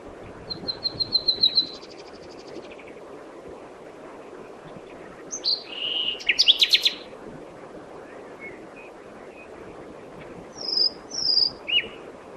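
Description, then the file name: Common nightingale song: a rapid series of repeated piping notes, then a burst of varied rattling notes, later several slurred whistles, separated by pauses. "Luscinia megarhynchos"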